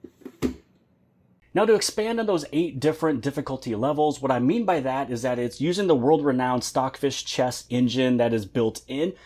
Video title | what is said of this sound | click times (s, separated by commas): This Portable AI Chess Robot Named Cynus From Manya Will Change The Chess landscape | Attaching the AI robot arm with the chestboard is magnets as well as those metal prongs where they will just attract to each other and snap into place. | 0.4 s